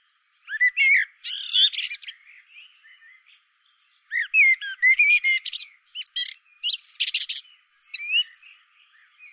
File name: Turdus merula